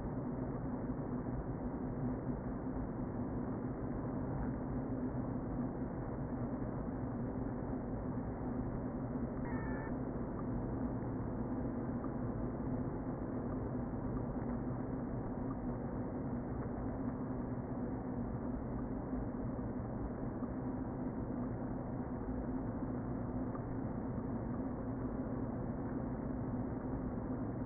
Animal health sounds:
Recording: honeybee colony, microphone inside the hive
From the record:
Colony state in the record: queen present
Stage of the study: before two queens were removed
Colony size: about 60,000 bees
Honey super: yes

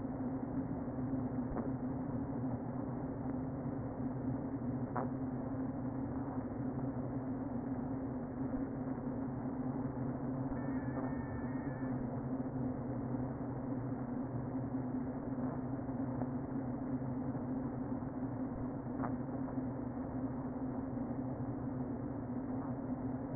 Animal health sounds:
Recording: honeybee colony, microphone inside the hive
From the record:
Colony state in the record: queen present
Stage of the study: before two queens were removed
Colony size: about 60,000 bees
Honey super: yes

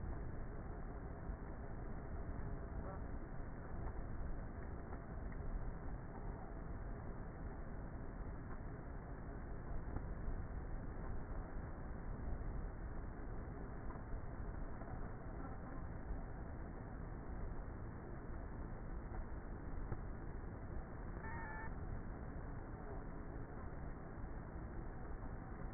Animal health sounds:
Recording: honeybee colony, microphone inside the hive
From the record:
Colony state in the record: queenless with a low population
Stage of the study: before two queens were removed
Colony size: about 30,000 bees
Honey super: no

